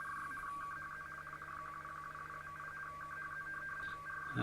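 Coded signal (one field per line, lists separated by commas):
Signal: RTTY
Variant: weather synoptic code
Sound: continuous warbling two-tone chatter, rapid alternation between two close pitches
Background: low hum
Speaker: we using jvcom 32 and a virtual do cable in between very clear copy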